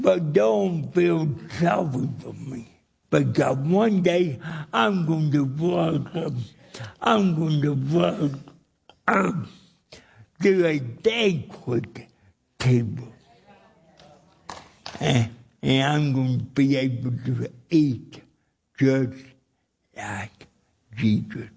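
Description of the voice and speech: Adult man with cerebral palsy speaking with dysarthria; his speech is a little difficult to understand, with slow, drawn-out syllables and long pauses between phrases.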